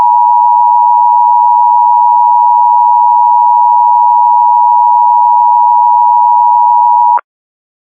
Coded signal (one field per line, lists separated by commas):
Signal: Emergency Alert System (SAME) tones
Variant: 853 and 960 Hz attention tone